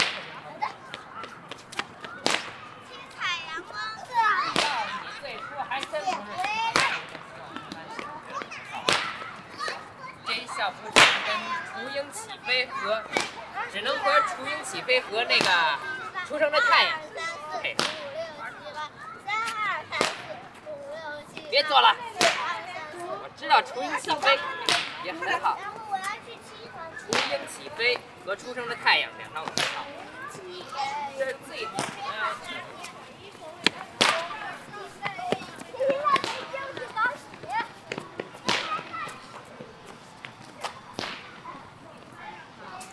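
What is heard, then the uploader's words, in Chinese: Sharp whip-like cracks ring out at Beijing's Ditan Park, coming roughly every second or two throughout, some louder and brighter than others. A steady murmur of voices, including children talking and playing, fills the gaps between the cracks. 城市声音。北京地坛。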